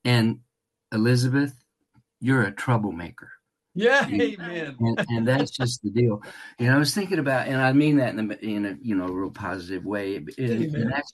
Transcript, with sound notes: And Elizabeth, you're a troublemaker.
Yeah, amen. (laughs)
And, and that's just the deal. And I was thinking about... And I mean that in a, in a, you know, real positive way.